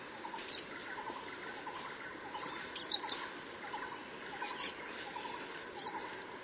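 Thick-billed flowerpecker gives sharp, very high clicking notes, single or in a short cluster, spaced a few seconds apart, over softer lower chirping.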